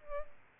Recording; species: mosquito wingbeat signal from an infrared sensor; Culex pipiens